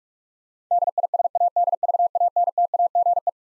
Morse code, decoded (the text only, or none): DISADVANTAGE